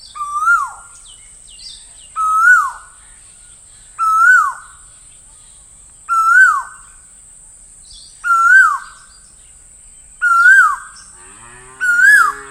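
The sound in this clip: Bird calling steadily with seven rising-and-falling whistled notes, about two seconds apart, with a low droning sound entering at the very end.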